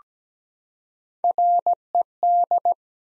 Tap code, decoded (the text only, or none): none